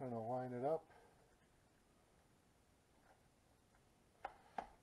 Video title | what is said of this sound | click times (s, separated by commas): RedCat Kaiju Differential Cup Replacement and Diff Cup Protector Installation step by step. | get here it is snapped right in again it's easier to take your time and make sure everything's lined up | 4.2 s, 4.6 s